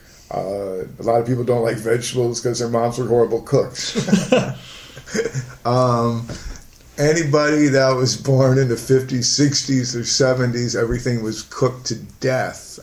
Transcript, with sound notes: A lot of people don't like vegetables because their moms were horrible cooks. [Laughter] Anybody that was born in the '50s, '60s, or '70s, everything was cooked to death.